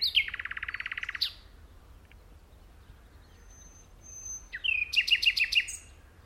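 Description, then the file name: Common nightingale song opening with a fast, even rattle of repeated notes, a quiet gap, then a sweep into a series of sharp, punchy repeated notes. "Luscinia megarhynchos"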